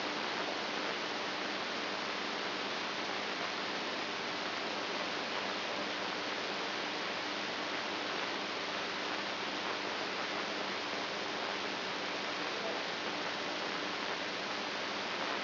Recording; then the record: brain microelectrode recording played as sound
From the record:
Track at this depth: inside the subthalamic nucleus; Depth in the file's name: 4.316 mm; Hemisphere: right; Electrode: 2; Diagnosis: Parkinson's disease